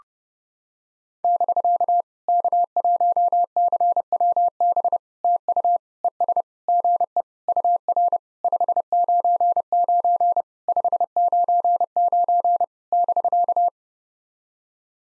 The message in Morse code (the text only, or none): <BK> K1CWB TU ES GE UR 599 599 <BK>